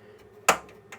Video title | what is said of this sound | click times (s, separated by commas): Découvrez le Spool tank de Printer Box | voilà donc c'est juste clipsé et là ça vient tenir la sonde et | 0.5 s